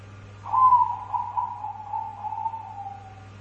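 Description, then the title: Dove cooing in a rapid run of soft pulsed notes, starting loud and trailing off with a gradual slight fall in pitch, with a constant low hum beneath. "Canto Da Pomba"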